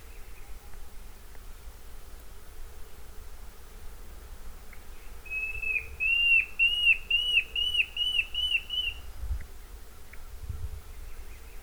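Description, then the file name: Antshrike song, a run of several clear whistled notes, evenly spaced over about four seconds, over soft background hiss. "Mackenziaena"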